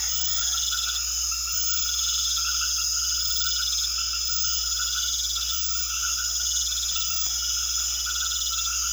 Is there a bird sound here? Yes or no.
no